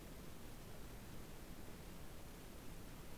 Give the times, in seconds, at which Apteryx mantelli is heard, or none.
none